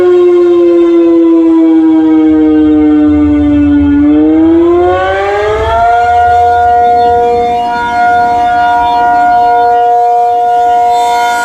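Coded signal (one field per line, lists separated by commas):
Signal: siren signal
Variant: ACA P-50, reverse wired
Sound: loud outdoor siren holding a steady low pitch, then rising and holding a higher pitch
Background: outdoor ambience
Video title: REVERSE WIRED ACA P-50 Tornado Siren Test, Alert & Fire, Milwaukee, WI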